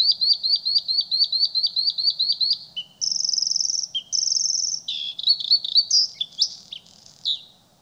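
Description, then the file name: Bluethroat song: a rapid run of repeated chirps, then high buzzy trills and a tumbling mix of varied notes. "Blauwborst"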